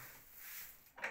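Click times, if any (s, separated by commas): none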